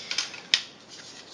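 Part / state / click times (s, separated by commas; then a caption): makeup palette pan into plastic travel palette case / not seated / none. A small makeup palette pan is handled and pressed toward a slot in a plastic travel palette case. Two light ticks at about 0.1 and 0.2 seconds are followed by a sharper tap at 0.5 seconds, then quiet handling noise. Nothing has seated or clicked into place yet.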